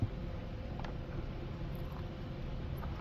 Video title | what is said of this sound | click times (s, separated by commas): 2010 Chrysler Town & Country, Front Turn Signals Not Working, TIPM Fault??? | it doesn't like to click that's not good now I stick the the lock back down | none